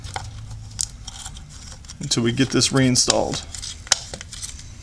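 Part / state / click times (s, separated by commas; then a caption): plastic flush valve cap into toilet flush valve body / not seated / none. A plastic flush valve cap on an American Standard Champion 4 toilet is turned clockwise to reinstall it on the flush valve body, giving sharp plastic clicks and taps while someone talks. Nothing has seated or snapped into place yet.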